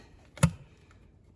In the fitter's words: You push this little grey clip down and pull. You hear the clunk?